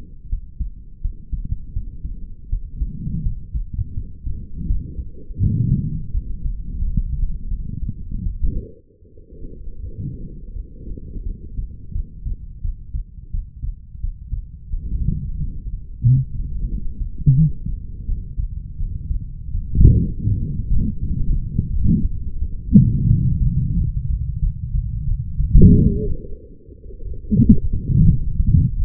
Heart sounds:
heart sounds by stethoscope; 84 bpm
0.29 s: heartbeat
1.01 s: heartbeat
1.73 s: heartbeat
2.49 s: heartbeat
3.22 s: heartbeat
3.94 s: heartbeat
4.66 s: heartbeat
5.39 s: heartbeat
6.11 s: heartbeat
6.78 s: heartbeat
7.48 s: heartbeat
8.23 s: heartbeat
8.99 s: heartbeat
9.80 s: heartbeat
10.53 s: heartbeat
11.23 s: heartbeat
11.92 s: heartbeat
12.61 s: heartbeat
13.31 s: heartbeat
14.00 s: heartbeat
14.69 s: heartbeat
15.36 s: heartbeat
16.02 s: heartbeat
16.68 s: heartbeat
17.35 s: heartbeat
18.05 s: heartbeat
18.77 s: heartbeat
19.51 s: heartbeat
20.26 s: heartbeat
20.99 s: heartbeat
21.70 s: heartbeat
22.39 s: heartbeat
23.07 s: heartbeat
23.74 s: heartbeat
24.39 s: heartbeat
25.05 s: heartbeat
25.70 s: heartbeat
26.37 s: heartbeat
27.31 s: heartbeat
28.05 s: heartbeat
28.77 s: heartbeat
From the record:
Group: healthy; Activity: cold pressor test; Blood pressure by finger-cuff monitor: 95/72 mmHg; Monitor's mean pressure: 80 mmHg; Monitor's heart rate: 85 bpm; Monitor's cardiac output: 5.7 L/min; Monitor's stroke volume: 68 mL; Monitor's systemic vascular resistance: 920 dyn s/cm5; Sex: male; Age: 20 years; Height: 187 cm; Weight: 68.9 kg

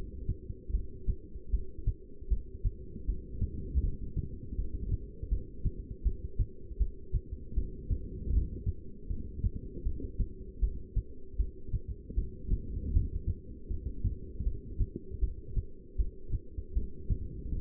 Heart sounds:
heart sounds by stethoscope; 79 bpm
0.72 s: heartbeat
1.51 s: heartbeat
2.29 s: heartbeat
3.06 s: heartbeat
3.82 s: heartbeat
4.56 s: heartbeat
5.30 s: heartbeat
6.04 s: heartbeat
6.79 s: heartbeat
7.55 s: heartbeat
8.31 s: heartbeat
9.08 s: heartbeat
9.84 s: heartbeat
10.61 s: heartbeat
11.37 s: heartbeat
12.15 s: heartbeat
12.92 s: heartbeat
13.69 s: heartbeat
14.44 s: heartbeat
15.21 s: heartbeat
15.97 s: heartbeat
16.74 s: heartbeat
17.50 s: heartbeat
From the record:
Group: heart failure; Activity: rest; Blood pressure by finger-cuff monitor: 164/103 mmHg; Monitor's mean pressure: 125 mmHg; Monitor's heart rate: 78 bpm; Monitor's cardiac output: 8.1 L/min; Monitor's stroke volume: 103 mL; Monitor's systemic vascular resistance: 1150 dyn s/cm5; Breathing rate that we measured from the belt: 13 breaths a minute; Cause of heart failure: non-ischemic cardiomyopathy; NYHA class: 1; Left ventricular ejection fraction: 62%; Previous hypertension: present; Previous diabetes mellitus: present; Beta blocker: bisoprolol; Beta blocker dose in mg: 10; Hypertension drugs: sacubitril-valsartan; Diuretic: furosemide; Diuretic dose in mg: 20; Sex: male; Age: 49 years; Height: 167 cm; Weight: 110 kg

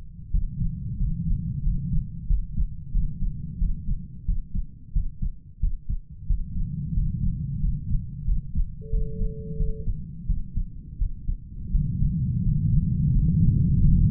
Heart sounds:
heart sounds by stethoscope; 89 bpm
0.31 s: heartbeat
0.98 s: heartbeat
1.63 s: heartbeat
2.27 s: heartbeat
2.92 s: heartbeat
3.58 s: heartbeat
4.25 s: heartbeat
4.93 s: heartbeat
5.60 s: heartbeat
6.27 s: heartbeat
6.94 s: heartbeat
7.60 s: heartbeat
8.25 s: heartbeat
8.90 s: heartbeat
9.57 s: heartbeat
10.26 s: heartbeat
10.98 s: heartbeat
11.71 s: heartbeat
12.43 s: heartbeat
13.12 s: heartbeat
13.80 s: heartbeat
From the record:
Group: healthy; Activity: rest 0-8 s, Valsalva maneuver 8-14 s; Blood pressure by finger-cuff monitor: 121/79 mmHg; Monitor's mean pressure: 92 mmHg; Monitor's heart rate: 89 bpm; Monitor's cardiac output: 7.5 L/min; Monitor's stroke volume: 83 mL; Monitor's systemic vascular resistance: 900 dyn s/cm5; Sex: male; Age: 33 years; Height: 179 cm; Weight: 80.4 kg

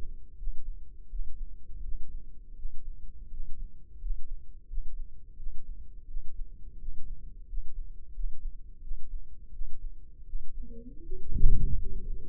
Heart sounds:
heart sounds by microphone in the left ear; 84 bpm
0.35 s: heartbeat
1.07 s: heartbeat
1.80 s: heartbeat
2.53 s: heartbeat
3.28 s: heartbeat
3.97 s: heartbeat
4.65 s: heartbeat
5.34 s: heartbeat
6.05 s: heartbeat
6.76 s: heartbeat
7.45 s: heartbeat
8.11 s: heartbeat
8.79 s: heartbeat
9.50 s: heartbeat
10.23 s: heartbeat
11.00 s: heartbeat
11.74 s: heartbeat
From the record:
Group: healthy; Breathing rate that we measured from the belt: 16 breaths a minute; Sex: male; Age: 21 years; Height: 180 cm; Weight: 67.5 kg

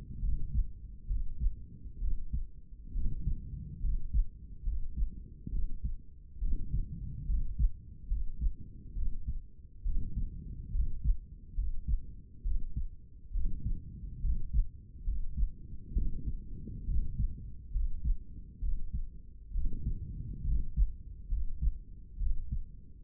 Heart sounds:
heart sounds by stethoscope; 68 bpm
0.23 s: heartbeat
1.10 s: heartbeat
2.02 s: heartbeat
2.95 s: heartbeat
3.84 s: heartbeat
4.66 s: heartbeat
5.53 s: heartbeat
6.42 s: heartbeat
7.29 s: heartbeat
8.11 s: heartbeat
8.96 s: heartbeat
9.86 s: heartbeat
10.74 s: heartbeat
11.58 s: heartbeat
12.45 s: heartbeat
13.34 s: heartbeat
14.24 s: heartbeat
15.07 s: heartbeat
15.96 s: heartbeat
16.88 s: heartbeat
17.75 s: heartbeat
18.63 s: heartbeat
19.55 s: heartbeat
20.47 s: heartbeat
21.31 s: heartbeat
22.20 s: heartbeat
From the record:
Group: healthy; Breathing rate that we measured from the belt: 18 breaths a minute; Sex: male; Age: 30 years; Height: 188 cm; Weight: 110.2 kg

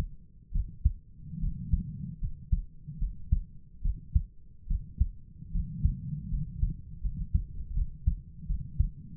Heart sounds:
heart sounds by stethoscope; 76 bpm
0.53 s: heartbeat
1.41 s: heartbeat
2.21 s: heartbeat
2.99 s: heartbeat
3.83 s: heartbeat
4.68 s: heartbeat
5.53 s: heartbeat
6.31 s: heartbeat
7.02 s: heartbeat
7.75 s: heartbeat
8.48 s: heartbeat
From the record:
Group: healthy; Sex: female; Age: 22 years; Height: 160 cm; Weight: 63 kg

